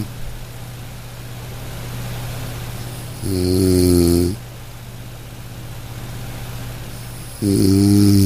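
Three low, droning snores, each about a second long, recur regularly every four seconds or so, about 14 a minute. They are soft, rhythmic and monotone, like a humming drone. Quiet breathing gaps separate them over a steady low background hum. This is rhythmic snoring of a sleeping adult.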